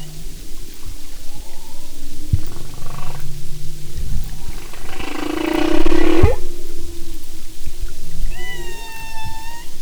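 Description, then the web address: Humpback whale song: soft wavering moans, a loud rasping buzzy unit rising at its end, then a high harmonic whistle-like cry. "Sound and Marine Mammals humpback"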